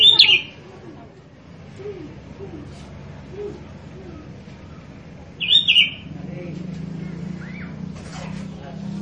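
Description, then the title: Sooty-headed bulbul song: two short, loud, warbled whistle phrases about five seconds apart, with soft low notes and steady hum between them. Masteran training recording for cage birds; described as a strong lure for a very vocal bulbul with a sharp, fiery voice. "Masteran Kutilang Sutra. PANCINGAN AMPUH KUTILANG SUTRA SUPER GACOR SUARA PEDAS"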